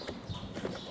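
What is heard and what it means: The telescopic handle of a Kärcher K3 Power Control Home pressure washer is being pushed down onto the two mounting posts on the unit body. Only soft handling rustles and dull low knocks are heard, with no sharp transients. Nothing has seated or clicked yet.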